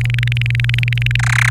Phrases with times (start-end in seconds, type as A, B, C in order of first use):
0.01-1.16 A, 1.19-1.50 B